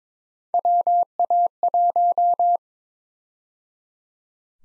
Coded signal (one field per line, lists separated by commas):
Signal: Morse code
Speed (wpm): 22 wpm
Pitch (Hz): 700 Hz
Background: none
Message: WA1